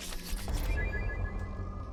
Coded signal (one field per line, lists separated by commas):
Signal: none